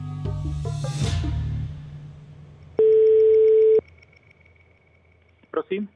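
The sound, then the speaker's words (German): A single steady telephone line tone sounds loudly for about a second as a call in Prague is put through to Colonel Petre Kocsi, deputy head of the national anti-drug authority; flat and unwavering in pitch, following a burst of mixed noise and preceding a couple of short clicks. “Fragt man in Prag nach den Gründen, wird man telefonisch an Oberst Petre Kocsi vermittelt.”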